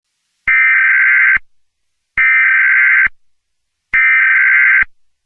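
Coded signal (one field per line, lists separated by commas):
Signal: Emergency Alert System (SAME) tones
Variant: header bursts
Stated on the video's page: Fictional EAS scenario for a bubonic plague event.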